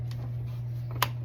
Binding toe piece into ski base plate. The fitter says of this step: and it clicks right in right so uh that hole is now filled with this this is the button